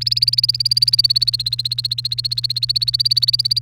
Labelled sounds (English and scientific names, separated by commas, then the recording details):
Domestic Canary (Serinus canaria) song
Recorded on 29 April 2018 at 17:41
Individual llb3